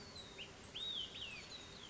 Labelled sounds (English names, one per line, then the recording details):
Olive-sided Flycatcher
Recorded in Sonoma County, California